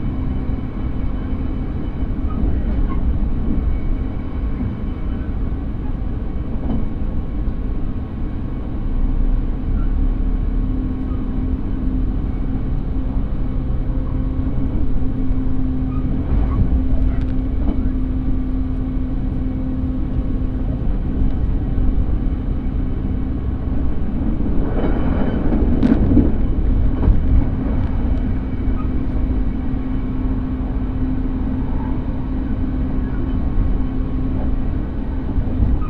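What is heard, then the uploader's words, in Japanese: A ride on a train during a rail journey, with a steady low rumble and a constant droning hum throughout. Faint clunks come through now and then, and around the 25-second mark a brief louder surge brings a whine that rises and fades. 鉄道旅 佐賀→博多→中洲川端→呉服町。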